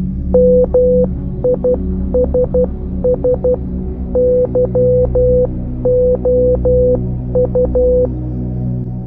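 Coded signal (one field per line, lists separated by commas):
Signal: Morse code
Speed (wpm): 12 wpm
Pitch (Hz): 500 Hz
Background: music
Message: MISS YOU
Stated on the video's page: Morse code in a K-pop trailer.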